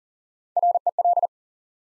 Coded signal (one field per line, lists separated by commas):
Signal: Morse code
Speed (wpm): 40 wpm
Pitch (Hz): 700 Hz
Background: none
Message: REL